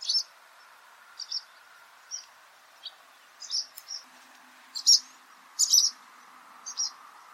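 Barn swallow giving short, bright chirping calls at irregular intervals, some doubled or clustered, against a faint background hiss.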